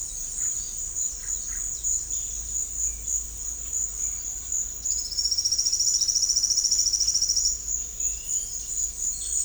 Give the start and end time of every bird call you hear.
4.87s-7.54s: Golden-crowned Spadebill (Platyrinchus coronatus) (4.3-6.4 kHz)

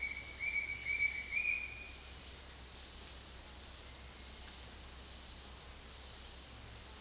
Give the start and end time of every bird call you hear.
0.00s-1.94s: Bright-rumped Attila (Attila spadiceus) (1.5-3.2 kHz)

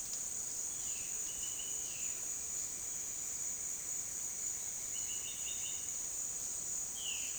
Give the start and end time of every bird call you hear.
0.75s-1.14s: Violaceous Jay (Cyanocorax violaceus) (1.7-3.4 kHz)
1.24s-1.72s: Bright-rumped Attila (Attila spadiceus) (2.2-3.5 kHz)
1.85s-2.21s: Violaceous Jay (Cyanocorax violaceus) (1.7-3.6 kHz)
4.93s-5.76s: Bright-rumped Attila (Attila spadiceus) (2.0-4.6 kHz)

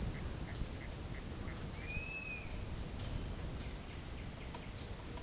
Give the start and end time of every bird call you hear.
1.68s-2.54s: Rusty-margined Flycatcher (Myiozetetes cayanensis) (1.7-5.7 kHz)
3.22s-4.79s: White-winged Becard (Pachyramphus polychopterus) (1.3-4.2 kHz)

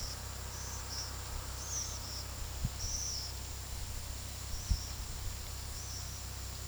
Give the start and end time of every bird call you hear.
0.00s-6.67s: Fork-tailed Palm Swift (Tachornis squamata) (4.3-7.1 kHz)

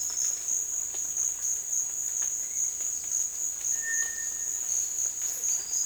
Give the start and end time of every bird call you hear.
3.70s-4.62s: Cinereous Tinamou (Crypturellus cinereus) (1.5-2.2 kHz)

